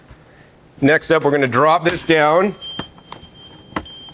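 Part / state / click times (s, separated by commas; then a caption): blender jar onto vacuum blender base / not seated / none. Someone talks, then a blender jar fitted with its inner and outer vacuum lid assembly is dropped down onto a vacuum blender base, giving short knocks around 3.1 s and 3.8 s while faint steady high tones sound. The jar fails to lock in place, so nothing has seated or clicked yet.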